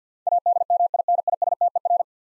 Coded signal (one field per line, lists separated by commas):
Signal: Morse code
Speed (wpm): 49 wpm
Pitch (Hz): 700 Hz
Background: none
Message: ADMINISTER